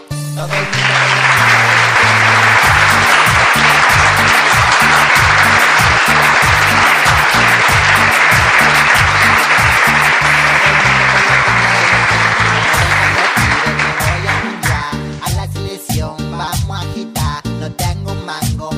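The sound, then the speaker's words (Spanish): Loud, sustained audience applause and cheering wash over rhythmic cumbia music with a thumping bass line, then thin out near the end, leaving the beat and scattered claps. “Aplausos.”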